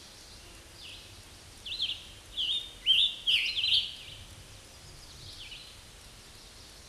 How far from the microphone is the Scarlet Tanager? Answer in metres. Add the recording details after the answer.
about 10 m. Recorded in a Pennsylvania forest on 19 May 2023 at 10:23. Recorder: AudioMoth, point grid1_30_low. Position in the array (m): 181 m, 67 m